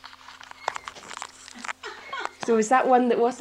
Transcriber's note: laughs